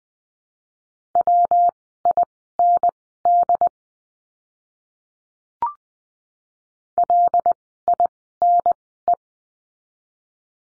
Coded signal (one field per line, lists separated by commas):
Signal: Morse code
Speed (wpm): 20 wpm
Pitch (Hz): 700 Hz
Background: none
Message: WIND LINE